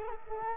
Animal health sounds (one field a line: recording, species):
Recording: mosquito wingbeat signal from an infrared sensor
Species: Culex quinquefasciatus